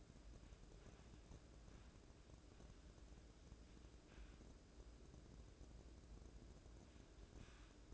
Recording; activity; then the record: daily activity, microphone in the room; wipe stove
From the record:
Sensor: 2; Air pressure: 1012.2 hPa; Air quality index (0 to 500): 156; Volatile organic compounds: 2 ppm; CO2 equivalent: 1140 ppm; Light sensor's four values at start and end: 440/1112/429/450 and 440/1110/429/449